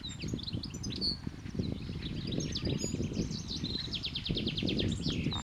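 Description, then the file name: Common chaffinch song, a fast run of bright repeated notes late, set among many other chirping birds over steady low rumbling noise. "Fringilla coelebs"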